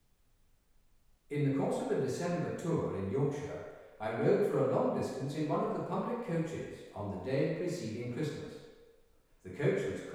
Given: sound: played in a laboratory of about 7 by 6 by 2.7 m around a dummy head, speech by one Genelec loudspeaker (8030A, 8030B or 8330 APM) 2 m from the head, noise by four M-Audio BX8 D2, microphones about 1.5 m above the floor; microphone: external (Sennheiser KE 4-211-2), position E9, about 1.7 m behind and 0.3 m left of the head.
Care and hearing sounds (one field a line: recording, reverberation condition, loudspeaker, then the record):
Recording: male speech in English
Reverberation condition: high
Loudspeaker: 90 degrees to the left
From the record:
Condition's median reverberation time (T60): about 1300 ms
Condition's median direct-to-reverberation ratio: about -4.0 dB